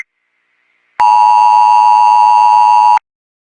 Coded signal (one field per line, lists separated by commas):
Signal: Emergency Alert System (SAME) tones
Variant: 853 and 960 Hz attention tone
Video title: EAS Scenario: SCP 096